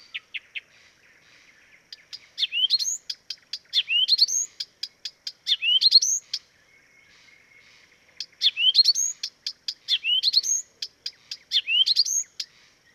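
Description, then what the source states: Blyth's reed warbler song: bursts of dry clicks leading into rising, twisting whistled notes, the phrase repeated several times, with short pauses between bursts. Dviete.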